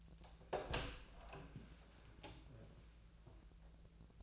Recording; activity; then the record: daily activity, microphone in the room; open door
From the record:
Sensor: 2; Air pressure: 1000.4 hPa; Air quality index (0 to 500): 172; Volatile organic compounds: 3 ppm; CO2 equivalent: 1430 ppm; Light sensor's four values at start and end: 9/23/9/10 and 10/23/10/10